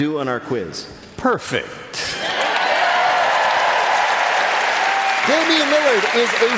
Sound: applause

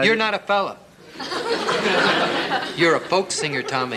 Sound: laughter

